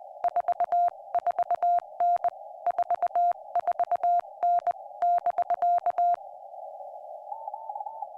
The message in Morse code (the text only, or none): 44N 44N <BK>